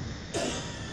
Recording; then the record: coughing mixed with background sound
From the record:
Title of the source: Residual Phlegmy Morning Coughing and Gagging